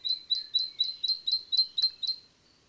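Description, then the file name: Great tit, a steady string of nine bright high notes, evenly spaced and quick. "Great-Tit- -Parus-major"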